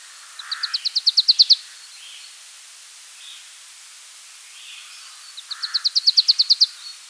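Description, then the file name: Marsh tit giving two rapid series of about twelve high, dry notes, each run swelling in loudness, separated by a pause of several seconds; faint hiss behind. "Poecile palustris"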